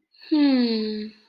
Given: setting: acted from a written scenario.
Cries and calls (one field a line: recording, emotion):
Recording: vocal sound without words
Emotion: guilt